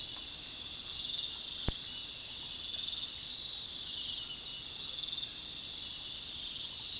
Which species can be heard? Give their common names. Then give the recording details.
none. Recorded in pastures near Puerto Asís, Putumayo, Colombia, on 20 February 2024 at 04:30. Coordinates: 0.468, -76.328. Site G6414